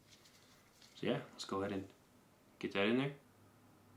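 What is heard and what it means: A small magnetic key piece is being handled and brought toward a Sideshow Collectibles Miles Morales Premium Format Exclusive resin statue while someone talks. Nothing has seated or clicked yet; the magnet has not pulled the part home.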